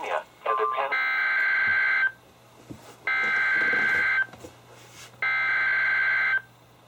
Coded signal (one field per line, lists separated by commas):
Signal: Emergency Alert System (SAME) tones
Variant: header bursts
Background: speech